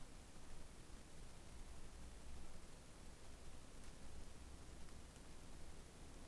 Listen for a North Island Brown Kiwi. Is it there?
no